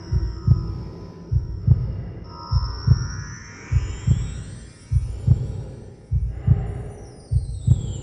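Deep, muffled lub-dub pairs repeat steadily at about 50 beats a minute over a low whooshing rumble, with faint sweeping tones in the background. This is a heartbeat as heard from inside the womb, produced as a soothing sound.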